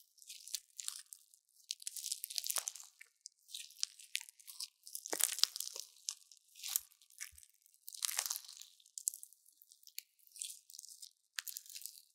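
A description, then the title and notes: Crunchy slime being pressed and squeezed, with bursts of bright crackling and popping every second or so between brief silent gaps. 療癒滿滿的史萊姆聲音. Satisfying Crunchy Slime Sounds | No Talking.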